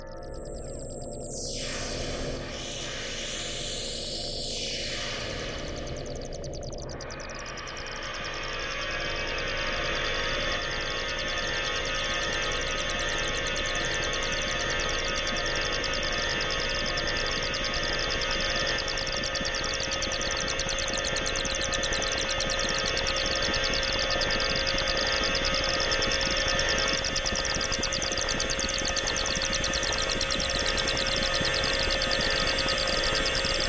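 A nature soundscape blended with synthesizer tones. It opens with swooping, sweeping sounds during the first seven seconds, then settles into a dense, steady drone with a strong held tone and a bright shimmering layer above, growing slightly louder toward the end.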